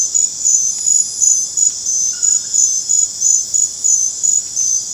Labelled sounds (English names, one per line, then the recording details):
none
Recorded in dense forest near Puerto Asís, Putumayo, Colombia, on 21 December 2024 at 20:30
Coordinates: 0.481, -76.323
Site G100